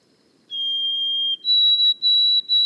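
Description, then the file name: White-throated sparrow song: a steady pure whistle, then a step up to a higher whistled note broken into short repeated pieces. Boreal forest of Haute-Côte-Nord, 29 May 2018. "bruant-a-gorge-blanche-foret-boreale-de-la-haute-cote-nord-29-mai-2018"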